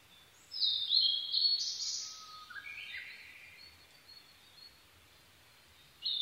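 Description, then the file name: Blue-and-white flycatcher singing a loud high phrase trailing into lower descending whistles, with another phrase starting at the end. Recorded 22 May 2011 at 04:34. "ooruri-20110522-0434"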